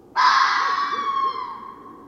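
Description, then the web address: Red fox giving one drawn-out, harsh, rasping scream lasting about a second and a half. Recorded 1 December 2013. "Red Fox 2013 12 01"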